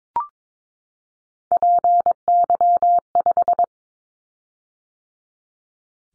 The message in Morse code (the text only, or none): PY5